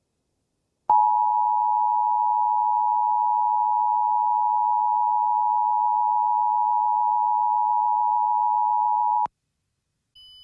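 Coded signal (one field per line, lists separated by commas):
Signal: Emergency Alert System (SAME) tones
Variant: 853 and 960 Hz attention tone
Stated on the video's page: Mock alert about a meteorite impact.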